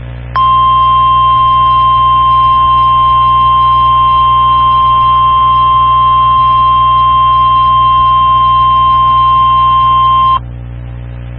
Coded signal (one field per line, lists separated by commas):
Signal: Emergency Alert System (SAME) tones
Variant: 1050 Hz attention tone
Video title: EAS #19-20: 2 Severe Thunderstorm Warnings - June 28, 2013 4:41 PM and 4:55 PM